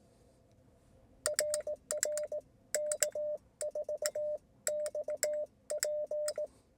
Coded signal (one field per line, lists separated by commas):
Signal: Morse code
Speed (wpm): 19 wpm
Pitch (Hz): 600 Hz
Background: none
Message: RR K4XP